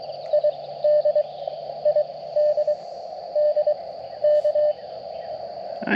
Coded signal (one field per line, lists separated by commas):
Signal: Morse code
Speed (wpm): 20 wpm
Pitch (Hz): 600 Hz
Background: none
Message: ID ID DK